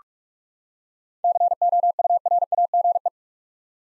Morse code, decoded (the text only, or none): COURAGE